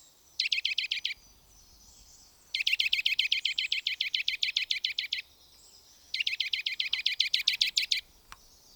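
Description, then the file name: Eurasian nuthatch calling in fast, even series of piping notes; a brief burst, then two longer runs. "Sitta europaea"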